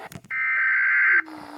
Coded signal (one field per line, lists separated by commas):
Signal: Emergency Alert System (SAME) tones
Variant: header bursts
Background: speech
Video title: emergency alert system from shark puppet